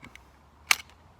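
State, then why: Seated. A TOPS Mohawk Hunter fixed-blade hunting knife is pushed into its kydex sheath, with a couple of faint ticks near 0.1 and 0.2 seconds before the blade locks in with one loud, sharp click at 0.7 seconds. The click is loud enough to carry a long way, and a short, softer rattle follows near 0.9 seconds. The knife is firmly seated in the sheath.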